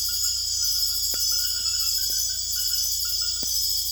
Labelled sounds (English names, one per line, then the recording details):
none
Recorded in secondary vegetation near Puerto Asís, Putumayo, Colombia, on 21 December 2024 at 21:00
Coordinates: 0.488, -76.319
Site GP04